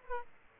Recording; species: mosquito wingbeat signal from an infrared sensor; Aedes aegypti